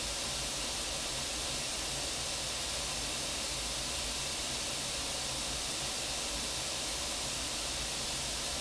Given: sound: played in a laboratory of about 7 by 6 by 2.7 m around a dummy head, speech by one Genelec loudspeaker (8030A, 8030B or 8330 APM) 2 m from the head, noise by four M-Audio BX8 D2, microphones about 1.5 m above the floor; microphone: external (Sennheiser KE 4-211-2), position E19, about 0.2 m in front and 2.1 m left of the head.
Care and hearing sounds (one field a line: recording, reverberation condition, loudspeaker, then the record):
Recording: white noise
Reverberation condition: low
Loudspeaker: four, about 170 cm from the corners of the room and facing them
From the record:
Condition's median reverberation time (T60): about 310 ms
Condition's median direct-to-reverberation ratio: about 3.5 dB